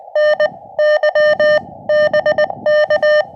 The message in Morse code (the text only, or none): NY BK